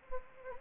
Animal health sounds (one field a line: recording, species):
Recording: mosquito wingbeat signal from an infrared sensor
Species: Anopheles gambiae